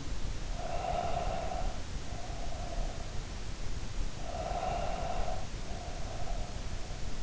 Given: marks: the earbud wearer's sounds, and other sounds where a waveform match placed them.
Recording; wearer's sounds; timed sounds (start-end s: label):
sounds in sleep by an in-ear microphone; breath
0.30-3.58 s: breath
4.16-6.60 s: breath